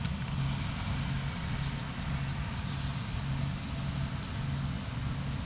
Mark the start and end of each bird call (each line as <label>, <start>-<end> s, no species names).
bird call, 0.00-5.45 s